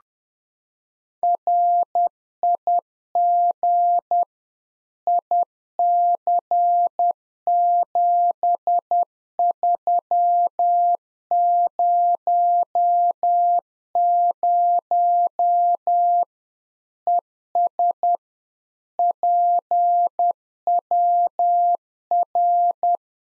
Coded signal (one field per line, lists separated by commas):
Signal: Morse code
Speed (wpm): 10 wpm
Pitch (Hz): 700 Hz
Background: none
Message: RIG IC7300 ES PWR